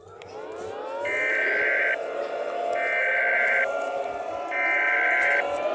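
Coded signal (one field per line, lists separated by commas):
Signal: Emergency Alert System (SAME) tones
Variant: header bursts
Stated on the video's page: Fictional EAS scenario.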